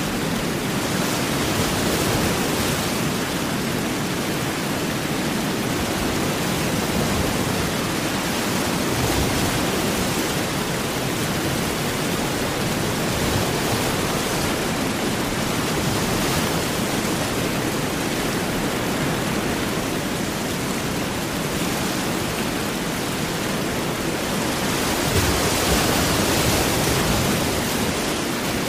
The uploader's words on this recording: Heavy Rain & Big Ocean Waves | Rainstorm Sounds White Noise.